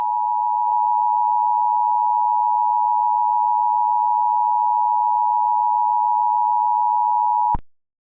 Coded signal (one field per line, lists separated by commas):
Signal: Emergency Alert System (SAME) tones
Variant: 853 and 960 Hz attention tone